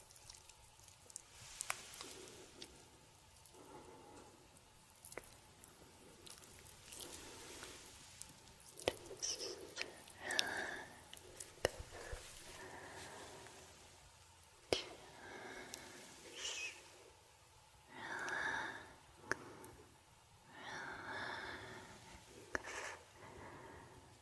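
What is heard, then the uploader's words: A scalp and face massage, with soft rubbing and brushing strokes that swell and fade in slow, uneven bursts every couple of seconds. Sharp clicks and small taps dot the clip, and a faint steady hum runs underneath throughout. ASMR Sleepy Scalp Massage & Face Massage.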